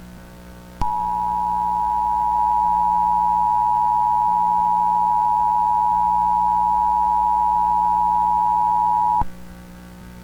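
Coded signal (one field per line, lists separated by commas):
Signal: Emergency Alert System (SAME) tones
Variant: 853 and 960 Hz attention tone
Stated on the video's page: Reenactment of a tornado warning with a particularly dangerous situation; a mock, not a live alert.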